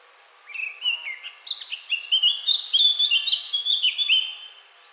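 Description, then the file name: Eurasian blackcap delivering one rapid warbling phrase of about four seconds that grows louder and ends in bright, whistled notes. "Sylvia atricapilla"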